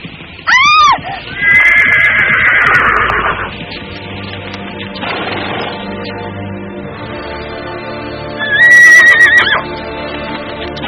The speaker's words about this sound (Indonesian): Kuda itu meringkik keras sebelum melompat tinggi ke udara.